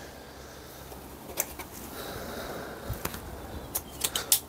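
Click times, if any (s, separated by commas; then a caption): 4.3 s. An interchangeable insulated blade from a Felo E-Smart VDE screwdriver set is slid into its plastic handle. Faint scrapes and short ticks lead up to a sharp click at 4.3 s as the blade locks firmly in place.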